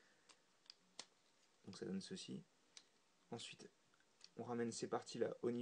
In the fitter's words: l'avant jusqu'à ce que cette petite partie se clipe en dessous du de la plaque d'immatriculation en fait donc